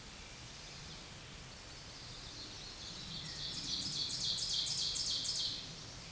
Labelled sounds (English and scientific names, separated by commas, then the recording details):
Ovenbird (Seiurus aurocapilla) song
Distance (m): 20 m
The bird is about 5 m above the microphone
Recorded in a Pennsylvania forest on 16 May 2024 at 07:04
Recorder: AudioMoth, point MSD-2287
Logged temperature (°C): 11.2 °C
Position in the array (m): 147 m, 4 m